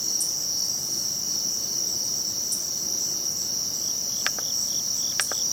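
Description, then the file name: Crickets trilling in a steady, unbroken high-pitched drone, with a few brief higher chirps and faint low background rumble. Recorded 7 September 2016 during a cricket-listening walk. "thomas wilson Herring Run Cricket Crawl"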